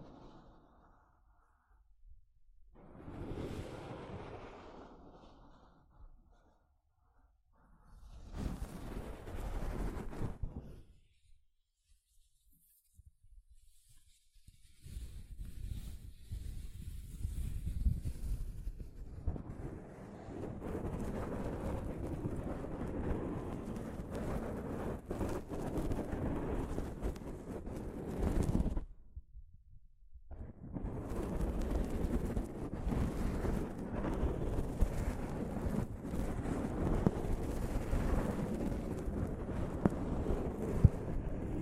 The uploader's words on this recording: ASMR Mic Brushing using Soft Fabric (No Talking).